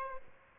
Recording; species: mosquito wingbeat signal from an infrared sensor; Aedes albopictus